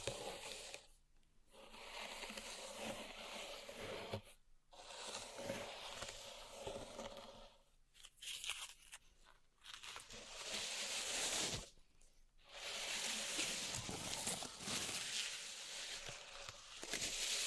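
Pink salt being raked and shuffled in a zen garden, a dense gritty crunching and scraping that fills the high end. The strokes come in bursts separated by short silences near 1, 4.5, 8 and 12 seconds, with occasional soft taps and knocks.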